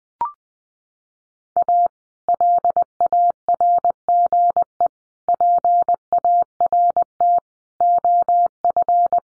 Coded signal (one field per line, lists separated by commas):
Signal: Morse code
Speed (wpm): 20 wpm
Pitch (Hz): 700 Hz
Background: none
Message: A LARGE PART OF